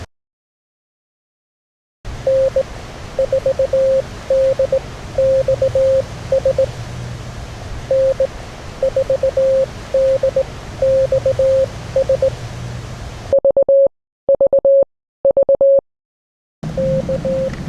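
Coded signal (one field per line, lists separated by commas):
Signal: Morse code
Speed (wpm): 19 wpm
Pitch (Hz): 530 Hz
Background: none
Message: N4DXS N4DXS VVV K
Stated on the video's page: Random callsigns in Morse recorded during a park activation, not computer generated, each played three times at varying volume to mimic on-air signals.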